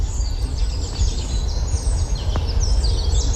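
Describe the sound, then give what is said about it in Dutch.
Young chaffinches babble their early spring song in rambling, high twittering phrases and short chirps, fairly soft against a steady low rumble that runs throughout. “En dus is hij er als de kippen bij om in Heemstede de eerste brabbelende vinken vast te leggen die zich bekwamen in de lentezang.”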